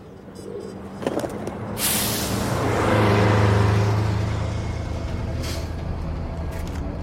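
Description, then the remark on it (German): A bus at Amiens station on a Sunday morning, its door open and key in the ignition: the engine rumbles, a sharp burst of air hisses, then the deep motor revs up into a loud, steady drone and gradually eases as the bus pulls away. “Busse, ja. Taxis, nein. Also nehmen wir einen Bus.”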